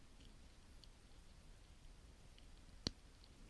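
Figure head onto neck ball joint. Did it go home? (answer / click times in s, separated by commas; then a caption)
yes / 2.9 s. A swappable plastic head sculpt is pressed onto the neck ball joint of a CT Toys #138 Wolverine action figure. Over a quiet background with a few faint ticks near 0.8, 2.4 and 3.2 s, the head pops into place with one sharp, bright click at 2.9 s. The head is seated on the joint.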